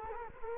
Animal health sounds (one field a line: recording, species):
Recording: mosquito wingbeat signal from an infrared sensor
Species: Culex quinquefasciatus